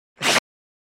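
A single abrupt, hissy burst of about a quarter second starts sharply, holds, then cuts off into silence: the explosive release of one sneeze.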